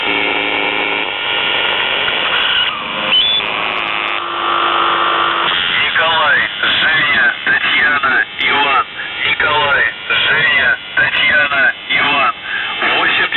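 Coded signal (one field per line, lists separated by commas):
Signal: numbers station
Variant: UVB-76, Russian voice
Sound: steady droning tone, then a voice reading short words over radio noise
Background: radio static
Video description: The Buzzer/UVB-76(4625Khz) April 17th, 2023 Voice messages; 00:00 0755z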